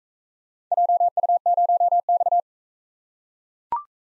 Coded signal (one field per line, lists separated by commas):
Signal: Morse code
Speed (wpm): 43 wpm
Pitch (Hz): 700 Hz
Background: none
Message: JU0X